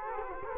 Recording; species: mosquito wingbeat signal from an infrared sensor; Culex quinquefasciatus